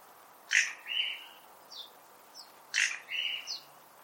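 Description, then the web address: Bird calling with sharp high chirps, each followed by a longer note, two such phrases about two seconds apart with faint short notes between. "Deverinetal 2025 File origin Bird Only"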